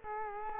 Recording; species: mosquito wingbeat signal from an infrared sensor; Culex quinquefasciatus